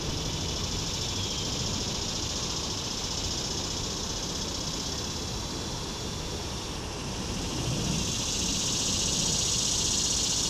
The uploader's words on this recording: Swamp Cicada aka Morning Cicada (Neotibicen tibicen tibicen). Heard mid-morning in west Dyke Marsh in shrubs alongside the channelized stream that enters west Dyke Marsh. With Fostex FR-2, Sennheiser ME62 and Telinga Parabolic dish. Edited in Audacity with high pass filter (to reduce wind sound), fade in/out, and amplified.